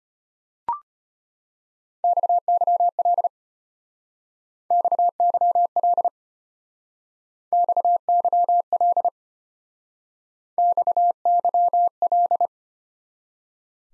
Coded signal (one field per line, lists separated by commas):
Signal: Morse code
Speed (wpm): 32 wpm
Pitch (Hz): 700 Hz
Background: none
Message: XYL XYL XYL XYL